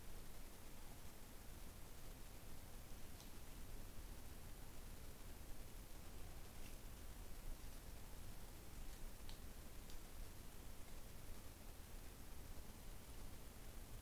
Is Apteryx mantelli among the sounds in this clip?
no